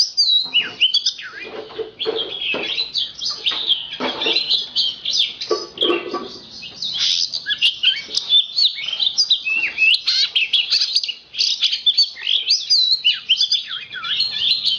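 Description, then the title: Magpie-robin song, a long, busy medley of high chirps, trills and slurred whistles delivered almost without pause. Kacer poci form; national champion competition bird, singing vigorously in nembak (shooting) and ngerol (rolling) styles; seven kinds of song every three minutes. "Kacer Poci Gacor Nembak Dan Ngerol Juara Nasional. 7 macam suara kacer setiap 3 menit"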